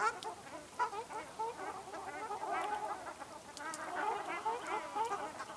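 Ruddy shelduck calls: repeated nasal honks from several birds overlap steadily throughout.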